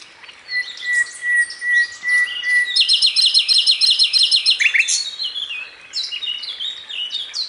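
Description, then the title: Bird song: a thin steady whistle, then a fast run of repeated high notes followed by varied chirps and tweets continuing to the end. "Kicau Burung"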